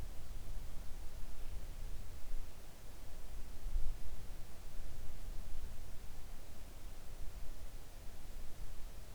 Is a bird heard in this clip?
no